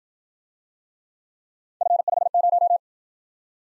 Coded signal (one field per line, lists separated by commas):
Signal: Morse code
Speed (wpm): 52 wpm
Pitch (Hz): 700 Hz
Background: none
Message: F50